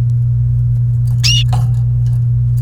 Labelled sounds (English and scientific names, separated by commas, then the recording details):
Domestic Canary (Serinus canaria) song
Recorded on 29 April 2018 at 09:23
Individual llb3